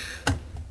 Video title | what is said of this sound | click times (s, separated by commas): Whirlpool Gold Dishwasher, WDT710PAYM Review | there we go it's locked into place anyhow so there's three sets of filters here | 0.3 s